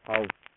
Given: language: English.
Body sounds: throat vibration sensor signal played as sound; speech

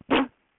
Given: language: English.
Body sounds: throat vibration sensor signal played as sound; cough

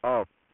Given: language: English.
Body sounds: throat vibration sensor signal played as sound; speech

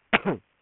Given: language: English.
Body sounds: throat vibration sensor signal played as sound; cough

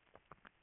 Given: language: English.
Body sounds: throat vibration sensor signal played as sound; swallow

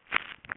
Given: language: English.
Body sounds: throat vibration sensor signal played as sound; swallow

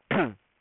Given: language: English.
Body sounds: throat vibration sensor signal played as sound; throat clearing

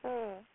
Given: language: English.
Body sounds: throat vibration sensor signal played as sound; speech

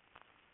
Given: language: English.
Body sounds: throat vibration sensor signal played as sound; swallow

